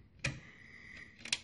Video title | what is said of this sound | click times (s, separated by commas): Gateway 2000 486sx 33 Restoration Part 1 | what happens is that the side clips pop in into place | 0.2 s, 1.3 s